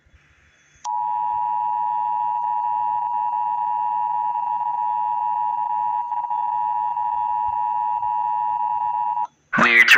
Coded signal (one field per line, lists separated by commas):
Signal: Emergency Alert System (SAME) tones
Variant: 853 and 960 Hz attention tone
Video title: EAS.mp4 (jumpscare warning)